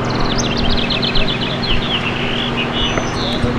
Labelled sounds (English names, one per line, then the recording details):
House Finch song
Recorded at Moriches on Long Island, New York, on 22 June 2013
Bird B